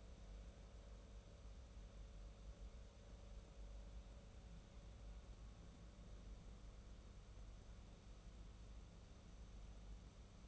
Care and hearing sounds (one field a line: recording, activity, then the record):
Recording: daily activity, microphone in the room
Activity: make coffee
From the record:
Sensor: 1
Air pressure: 994.5 hPa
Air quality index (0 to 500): 228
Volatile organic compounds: 1000 ppm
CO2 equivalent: 8198 ppm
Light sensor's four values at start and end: 144/330/147/162 and 145/333/149/163